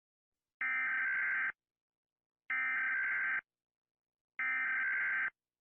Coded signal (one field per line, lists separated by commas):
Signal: Emergency Alert System (SAME) tones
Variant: header bursts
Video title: Baby first SUN disappeared EAS September 20, 2013